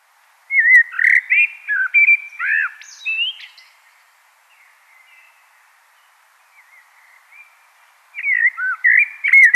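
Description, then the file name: Common blackbird singing a rich, varied fluted phrase with high squeaky notes, then faint soft twitters, then a fresh burst of whistling at the end. "Turdus merula"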